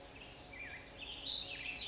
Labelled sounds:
Black-headed Grosbeak (Pheucticus melanocephalus)
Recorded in Sonoma County, California

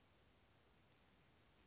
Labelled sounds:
California Towhee (Melozone crissalis)
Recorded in Sonoma County, California

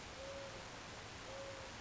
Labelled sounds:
Mourning Dove (Zenaida macroura)
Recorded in Sonoma County, California

